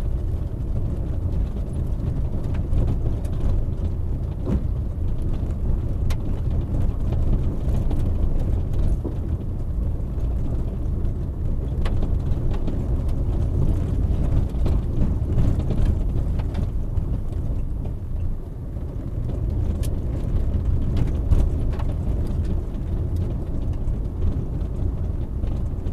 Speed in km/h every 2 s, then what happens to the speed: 23, 23, 23, 24, 24, 25, 26, 24, 21, 24, 26, 26, 26.
0-26 steady at about 24.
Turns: none.